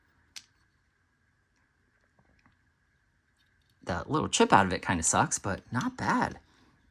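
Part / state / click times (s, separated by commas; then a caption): toy car body onto interlocking chassis / not seated / none. A plastic Hot Wheels Body Swappers toy car body from 1986 is handled over its interlocking die-cast chassis, giving a brief tap near 0.4 s and a few faint ticks around 2.2–2.5 s. Someone talks from about 3.8 s to the end. Nothing has seated or clicked into place yet.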